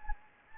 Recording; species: mosquito wingbeat signal from an infrared sensor; Anopheles gambiae